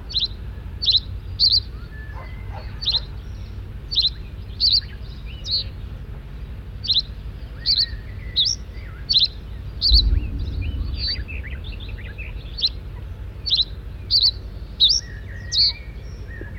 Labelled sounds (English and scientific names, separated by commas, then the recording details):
Reed Bunting (Emberiza schoeniclus) song
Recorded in the wild
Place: Bad Kleinen, Mecklenburg-Vorpommern, DE
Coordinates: 53.771, 11.472
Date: 1972-06-15
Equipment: Nagra III BH, Sennheiser MD 21, parabola
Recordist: Schubert, Michael